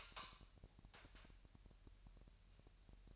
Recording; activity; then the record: daily activity, microphone in the room; light on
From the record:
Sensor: 2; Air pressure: 1001.7 hPa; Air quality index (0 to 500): 241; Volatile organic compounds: 31 ppm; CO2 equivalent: 2989 ppm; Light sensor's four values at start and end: 4/10/4/4 and 9/25/10/10